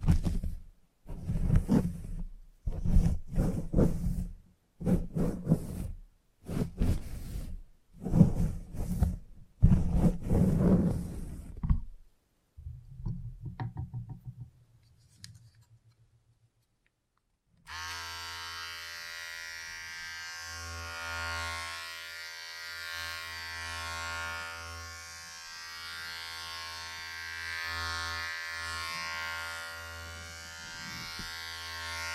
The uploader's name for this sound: Salon Haircut Head Massage, Scissors and Clipper